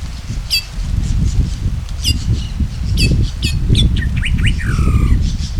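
Bird calls: short, high chirps come at irregular intervals, ending with a few lower slurred notes, over a steady low rumbling background noise.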